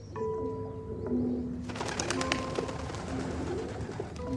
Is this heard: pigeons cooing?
yes